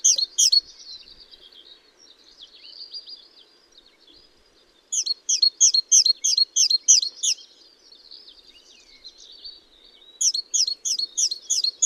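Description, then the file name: Great tit alternating quick runs of piercing double notes with softer twittering passages, the runs pulsing about three times per second. "Parus major"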